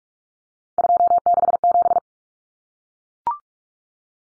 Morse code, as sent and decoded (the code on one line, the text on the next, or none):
..--- -.... --...
267